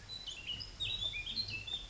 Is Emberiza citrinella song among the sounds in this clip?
no